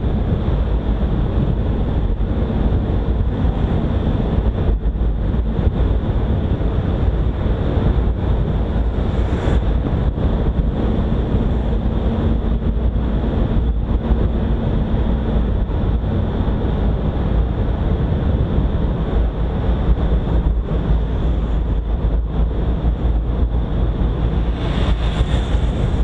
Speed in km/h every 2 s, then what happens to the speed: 54, 56, 53, 56, 57, 56, 54, 52, 49, 49, 47, 46, 47.
0-10 steady at about 56. 10-26 slows to 47.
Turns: none.